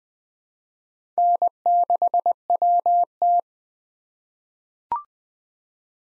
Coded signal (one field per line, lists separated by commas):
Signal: Morse code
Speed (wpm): 20 wpm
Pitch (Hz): 700 Hz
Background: none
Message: N6WT